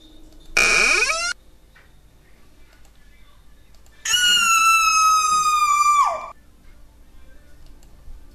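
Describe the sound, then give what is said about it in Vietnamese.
A text message notification tone sounds twice: first a short rising chirp, then after a pause a longer, loud, buzzy sustained tone that dips in pitch just before it stops. “Âm báo tin nhắn.”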